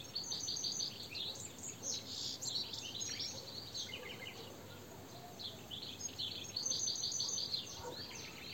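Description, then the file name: European goldfinch twittering calls, dense high chirps and trills in quick irregular bursts, over steady background hiss. "Carduelis carduelis"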